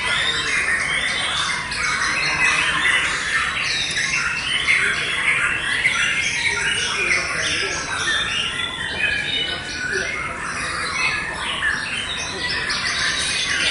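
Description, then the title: White-rumped shama song, a dense stream of varied whistled and chattering phrases between mid and high pitch, continuing without pause. Wild white-rumped shama, original natural song, recorded in forest. "Kicau Asli Murai Batu Hutan"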